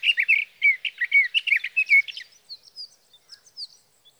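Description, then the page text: Sage thrasher song: a rapid jumble of warbled, slurred notes for about two seconds, then softer, scattered high notes trailing off into quiet. Male singing through the night from his night roost, June 12–15, 2018, Sierra Valley, California; recorded with a Swift recorder. "Birdsong for the Curious Naturalist: Explore #7. 61. Sage thrasher songs, through the night. from the evening of June 12 to the morning of June 15, 2018, in Sierra Valley, California"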